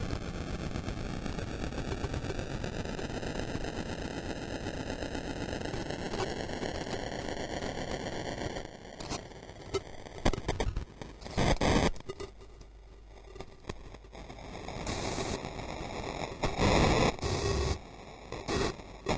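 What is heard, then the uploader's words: Playback equipment being physically dismembered: a steady whining hum with rising tones gives way after eight seconds to crackling bursts, sharp cracks and choppy dropouts. Recorded live at BodyControlled, LEAP. Physically dismembering playback equipment. A reel-to-reel tape recorder is switched on and its mechanism amplified with a variety of microphones while it is taken to pieces. The sounds produced are then fed through an array of pedals: the machine’s belts, gears, switches and casing becoming an instrument subjected to a live audio autopsy.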